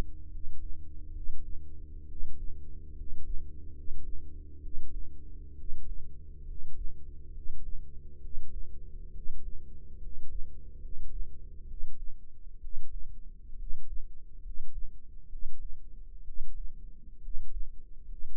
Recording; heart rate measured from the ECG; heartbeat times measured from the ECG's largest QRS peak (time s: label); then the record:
heart sounds by microphone in the left ear; 68 bpm
0.27 s: heartbeat
1.10 s: heartbeat
2.04 s: heartbeat
2.92 s: heartbeat
3.70 s: heartbeat
4.58 s: heartbeat
5.53 s: heartbeat
6.42 s: heartbeat
7.30 s: heartbeat
8.17 s: heartbeat
9.10 s: heartbeat
9.97 s: heartbeat
10.77 s: heartbeat
11.64 s: heartbeat
12.57 s: heartbeat
13.54 s: heartbeat
14.39 s: heartbeat
15.26 s: heartbeat
16.21 s: heartbeat
17.18 s: heartbeat
18.04 s: heartbeat
From the record:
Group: healthy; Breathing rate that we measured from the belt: 16 breaths a minute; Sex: male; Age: 22 years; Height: 185 cm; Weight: 112.4 kg